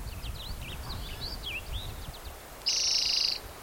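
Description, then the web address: Spotted Towhee giving one harsh buzzing trill near the end, after a faint run of thin whistled notes, with a low background rumble. Recorded 16 June 2010 at Cicero. "MVZ Cicero 16 Jun 2010 Pmaculatus"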